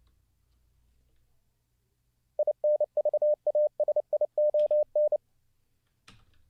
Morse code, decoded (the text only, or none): INVASION